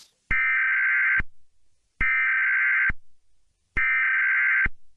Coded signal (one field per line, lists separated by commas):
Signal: Emergency Alert System (SAME) tones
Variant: header bursts